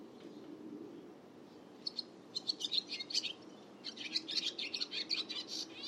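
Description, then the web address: Bird chirps begin after a quiet start, turning into fast runs of bright high notes that grow busier toward the end, over steady low hiss. "Bird Only"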